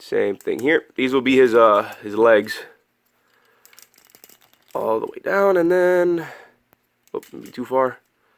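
Someone talks while handling a plastic Transformers Thrilling 30 Voyager Whirl figure, pushing a leg joint all the way down toward its transformed position and slightly overshooting it. Faint handling clicks come between about 3.6 and 4.3 seconds. The leg joint has not snapped into place yet.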